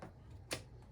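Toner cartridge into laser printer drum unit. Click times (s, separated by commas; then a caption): 0.5 s. A new toner cartridge is pushed into the old drum unit of a Brother MFC L-3750CDW laser printer. A single sharp, bright click sounds at 0.5 s over low background noise, with faint softer ticks near the start and end. The cartridge is seated and locked into place in the drum unit.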